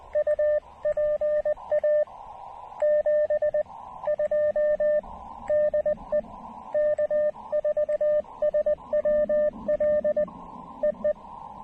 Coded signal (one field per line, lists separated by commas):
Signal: Morse code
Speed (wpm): 20 wpm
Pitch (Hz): 590 Hz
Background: radio noise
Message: U PA 72 DE K4SWL EE